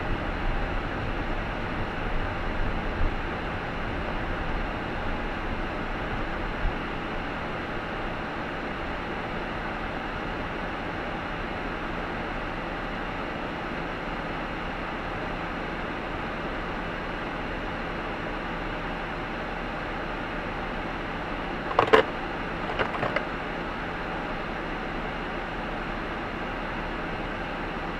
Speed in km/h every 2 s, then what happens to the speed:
31, 30, 26, 19, 13, 10, 6, 5, 5, 3, 5, 6, 5, 5.
0-12 slows to 6. 12-28 steady at about 5.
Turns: none.